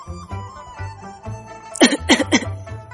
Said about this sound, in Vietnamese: Thật may là nước không có sâu, cho nên khi Triển Chiêu được hắn vớt lên tới nơi cũng chỉ ho khan mấy tiếng mà thôi.